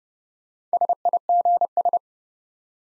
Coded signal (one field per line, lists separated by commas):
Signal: Morse code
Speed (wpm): 33 wpm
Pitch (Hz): 700 Hz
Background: none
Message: SIGS